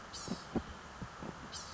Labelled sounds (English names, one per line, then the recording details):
Blue-gray Gnatcatcher
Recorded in Sonoma County, California